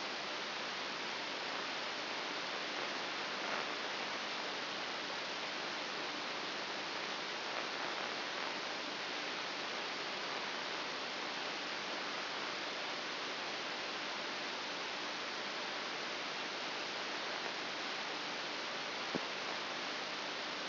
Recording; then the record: brain microelectrode recording played as sound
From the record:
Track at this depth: outside the subthalamic nucleus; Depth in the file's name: 7.001 mm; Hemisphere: right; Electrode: 2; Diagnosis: Parkinson's disease